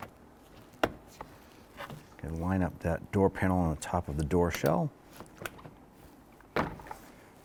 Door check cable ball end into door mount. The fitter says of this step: and we snap into place and do the same for the bottom one going line up that